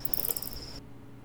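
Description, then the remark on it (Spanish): An amplified insect sound, a cricket or cicada, gives a brief, shrill chirping trill, a steady high-pitched buzz with quick pulses on top, that cuts off abruptly after less than a second, leaving faint hiss. “Que era un grillo en francés. Sí. Creo, algo así, una cigarra.”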